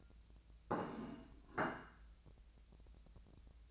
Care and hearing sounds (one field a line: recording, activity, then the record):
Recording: daily activity, microphone in the room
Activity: place plate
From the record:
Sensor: 2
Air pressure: 1000.0 hPa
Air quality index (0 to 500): 132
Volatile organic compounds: 2 ppm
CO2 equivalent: 1127 ppm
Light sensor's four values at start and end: 24/60/26/28 and 24/61/26/28